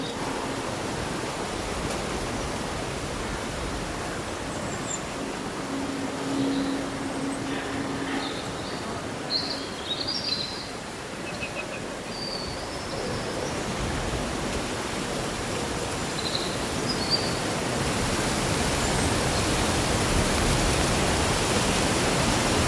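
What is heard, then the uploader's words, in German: Steady dense rustling of leaves fills the scene, with faint scattered birdsong chirps high above and a low hum around six seconds. Raschelndes Laub und Vogelgesang.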